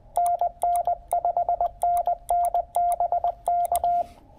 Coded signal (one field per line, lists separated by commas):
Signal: Morse code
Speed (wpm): 20 wpm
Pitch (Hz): 700 Hz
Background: radio noise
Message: NN 5NN BK